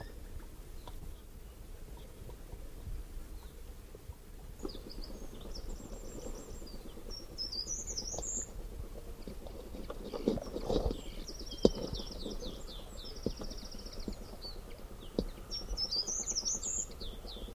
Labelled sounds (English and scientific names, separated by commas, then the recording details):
Short-toed Treecreeper (Certhia brachydactyla) song
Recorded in the wild
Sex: male
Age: adult
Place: NSG Nonnenhof, Tollensesee, Mecklenburg-Vorpommern, DE
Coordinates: 53.4619, 13.1644
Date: 1967-04-15
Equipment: Tesla Uran, Parabolreflektor
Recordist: Jung, Norbert
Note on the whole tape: Gesang. Keine zusammenhängende Aufnahme